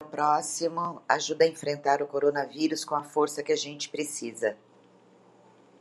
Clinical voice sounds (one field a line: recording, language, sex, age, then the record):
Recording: spoken sentence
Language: Brazilian Portuguese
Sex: female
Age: 50 to 59 years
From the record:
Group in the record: control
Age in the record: 57 years